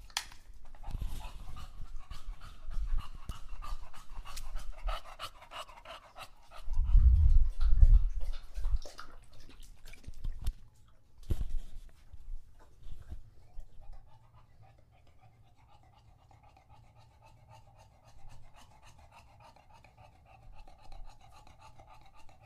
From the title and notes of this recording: English Bulldog Drinks from Water Bowl. Don't let his heavy breathing fool you in between drinks, he's equally out of breath from the walk, as well as how long he tries to drink water for.